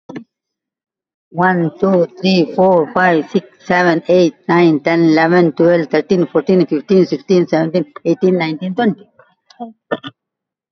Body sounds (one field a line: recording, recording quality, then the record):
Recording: counting at a fast pace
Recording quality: excellent, no background noise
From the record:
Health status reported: recovered from COVID-19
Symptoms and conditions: none ticked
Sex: female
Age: 65 years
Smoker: not ticked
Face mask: worn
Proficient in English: no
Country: India